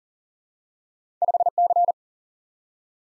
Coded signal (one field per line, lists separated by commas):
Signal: Morse code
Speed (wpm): 40 wpm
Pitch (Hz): 700 Hz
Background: none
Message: 5C